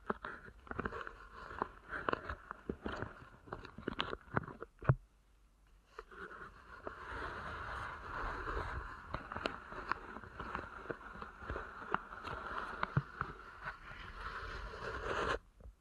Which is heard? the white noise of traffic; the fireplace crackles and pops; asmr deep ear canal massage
asmr deep ear canal massage